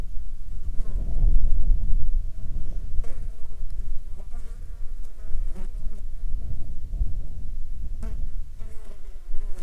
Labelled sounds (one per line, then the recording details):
wind
insects
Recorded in Ivvavik National Park, Yukon, on 13 July 2019 at 13:34
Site SINP03